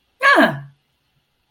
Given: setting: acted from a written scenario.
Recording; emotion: vocal sound without words; positive surprise